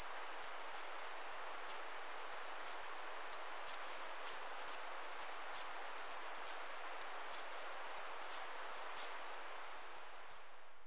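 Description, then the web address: Tawny-bellied hermit calls: very high, thin squeaky notes repeated in a steady series, with a faint hiss beneath. Ecuador. "Birds of Ecuador Tawny-bellied Hermit"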